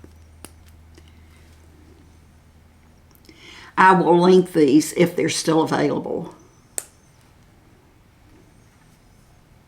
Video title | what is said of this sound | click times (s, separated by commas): She Tries NEW Foundation on her 82 yr old Face ! 💄💋 | You can hear the snap. | 0.5 s